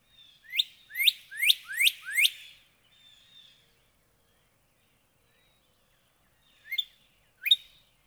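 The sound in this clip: Northern cardinal song: a quick series of five steep slurred whistles, a long pause, then two more similar notes near the end.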